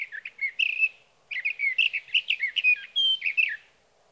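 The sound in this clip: Sage thrasher singing a fast, jumbled warble that breaks briefly after the first second, then resumes in a steady stream of varied, slurred notes.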